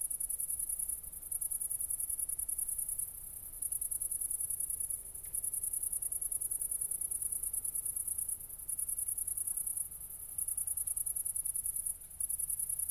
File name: City Country Me Brandenburg Kirchmoeser Nordring Grillen 201408040053